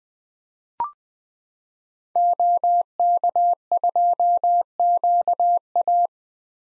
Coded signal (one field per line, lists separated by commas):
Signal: Morse code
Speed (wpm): 20 wpm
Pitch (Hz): 700 Hz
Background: none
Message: OK2QA